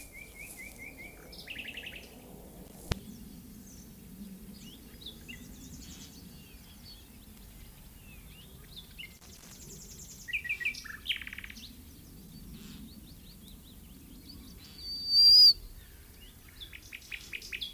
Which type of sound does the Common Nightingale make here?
song